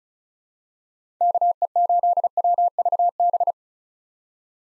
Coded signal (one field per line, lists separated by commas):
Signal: Morse code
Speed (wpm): 34 wpm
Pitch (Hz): 700 Hz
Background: none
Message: KE8WVB